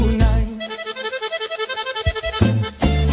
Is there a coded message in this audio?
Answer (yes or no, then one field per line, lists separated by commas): no